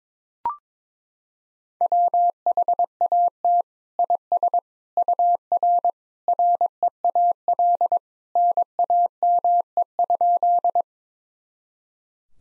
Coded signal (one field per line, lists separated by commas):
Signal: Morse code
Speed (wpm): 22 wpm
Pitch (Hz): 700 Hz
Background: none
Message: WHAT IS UR REAL NAME?